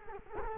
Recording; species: mosquito wingbeat signal from an infrared sensor; Culex quinquefasciatus